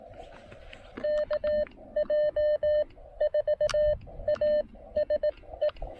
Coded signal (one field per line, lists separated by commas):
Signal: Morse code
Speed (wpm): 17 wpm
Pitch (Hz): 590 Hz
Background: none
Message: KJ4ASE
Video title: QRP POTA: More Xiegu G106 time and I even rope in Brooks to log for me!